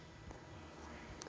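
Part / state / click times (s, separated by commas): RTD temperature probe plug into grill control board connector / seated / 1.2 s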